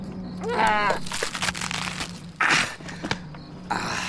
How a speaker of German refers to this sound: Ich versuche, diese Frucht hier aufzuschneiden.